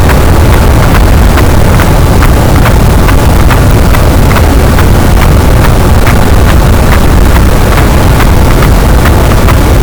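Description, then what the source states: Sperm whale clicks: a steady train of sharp clicks, roughly two or three each second, under loud, constant boat engine rumble. Positive detection, with boat noise at a signal-to-noise ratio of 18 dB.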